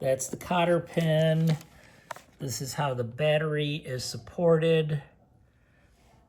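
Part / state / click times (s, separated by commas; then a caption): battery support retainer pin into model car chassis / not seated / none. Someone talks while handling the cotter-pin-style battery support retainer pin on a Tamiya 1/10 scale Porsche 956 RC model car chassis. The pin has not seated or clicked into place yet, and the clip ends in near silence after about 5 seconds.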